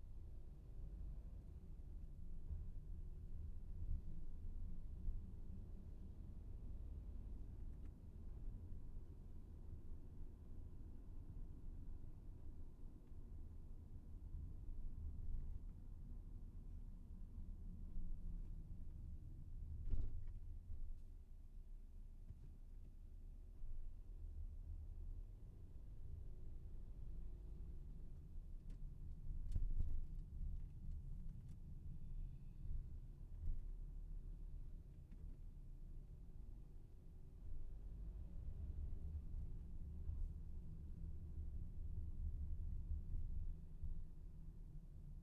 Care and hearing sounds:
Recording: everyday scene through a hearing-aid microphone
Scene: in a vehicle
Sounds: engine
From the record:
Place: VW T5 Caravelle, diesel engine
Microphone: behind the ear, left, front

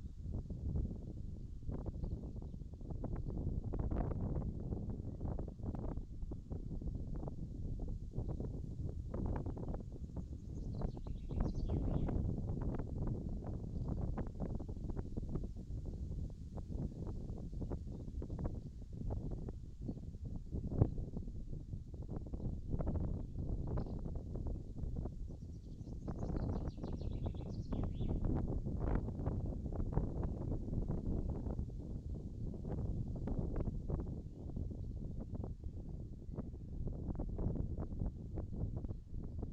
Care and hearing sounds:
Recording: everyday scene through a hearing-aid microphone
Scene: wind on the microphone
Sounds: wind, birds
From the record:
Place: in front of a rural house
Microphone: in the ear canal, left

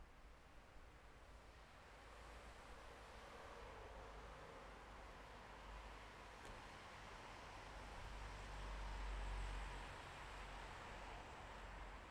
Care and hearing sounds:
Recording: everyday scene through a hearing-aid microphone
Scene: in traffic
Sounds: traffic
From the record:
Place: bus stop on a city main road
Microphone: behind the ear, left, rear

